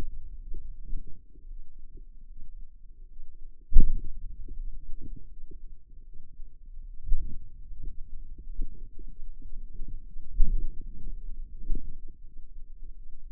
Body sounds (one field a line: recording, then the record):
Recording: forearm muscle sounds (acoustic myography)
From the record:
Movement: hand opening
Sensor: system 2, bracelet of six BSWA MPA416 microphones around the upper forearm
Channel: 4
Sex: female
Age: 23 years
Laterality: right